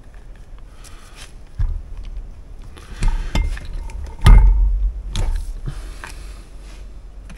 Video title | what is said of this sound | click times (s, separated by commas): часть 5. Сборка ГБЦ | Вот теперь Они встали на место | 4.3 s, 5.2 s